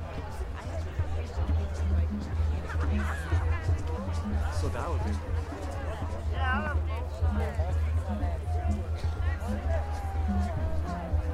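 A crowd gathered at the stones at Stonehenge for the solstice, many voices talking and calling over one another in a dense, continuous babble. A steady low rumble runs underneath throughout, with short pitched exclamations and laughter rising out of the chatter every few seconds.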